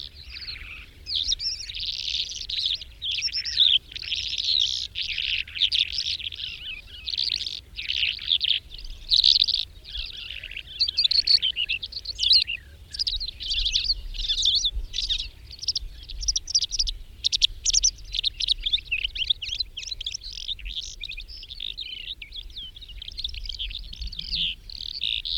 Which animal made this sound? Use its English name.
Calandra Lark